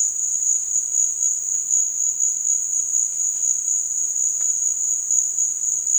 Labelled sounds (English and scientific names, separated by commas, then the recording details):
none
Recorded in dense forest near Puerto Asís, Putumayo, Colombia, on 25 June 2025 at 16:00
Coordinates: 0.468, -76.322
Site GP03